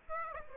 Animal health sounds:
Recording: mosquito wingbeat signal from an infrared sensor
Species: Aedes aegypti

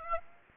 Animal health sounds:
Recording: mosquito wingbeat signal from an infrared sensor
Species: Aedes aegypti

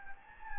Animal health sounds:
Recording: mosquito wingbeat signal from an infrared sensor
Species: Anopheles gambiae

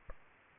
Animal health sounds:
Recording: mosquito wingbeat signal from an infrared sensor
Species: Culex pipiens

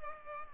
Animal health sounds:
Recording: mosquito wingbeat signal from an infrared sensor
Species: Culex pipiens

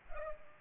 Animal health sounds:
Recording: mosquito wingbeat signal from an infrared sensor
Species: Culex pipiens

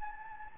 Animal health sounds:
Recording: mosquito wingbeat signal from an infrared sensor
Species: Anopheles gambiae

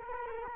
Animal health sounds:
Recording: mosquito wingbeat signal from an infrared sensor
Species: Culex quinquefasciatus

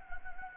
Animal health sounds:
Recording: mosquito wingbeat signal from an infrared sensor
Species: Anopheles gambiae

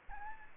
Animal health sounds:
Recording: mosquito wingbeat signal from an infrared sensor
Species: Aedes aegypti

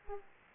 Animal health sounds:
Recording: mosquito wingbeat signal from an infrared sensor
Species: Aedes aegypti

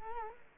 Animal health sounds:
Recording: mosquito wingbeat signal from an infrared sensor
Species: Culex quinquefasciatus

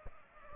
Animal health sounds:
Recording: mosquito wingbeat signal from an infrared sensor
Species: Aedes albopictus

